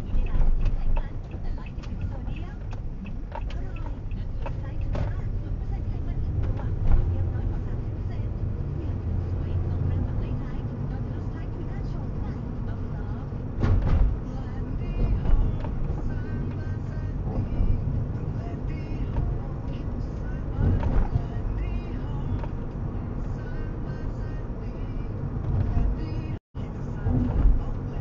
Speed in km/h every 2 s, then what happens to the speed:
6, 11, 12, 9, 10, 12, 27, 35, 40, 39, 37, 43, 46, 44.
0-3 speeds up to 12. 3-10 steady at about 10. 10-16 speeds up to 40. 20-23 speeds up to 46.